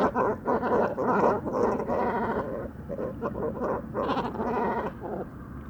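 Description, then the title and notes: Great cormorants giving dense, overlapping guttural croaks and grunts, a steady chattering chorus with no pause, under a low background rumble. Evening roost of many birds on fishermen's posts at the shore of Vaccarès, Camargue, 4 January 2020; incessant conflicts over limited space until nightfall; distant car murmur; Mixp3 recorder, MKH40 microphone. "Dortoir de Grands cormorans. 04 janvier 2020-Bord du Vaccarès - Camargue"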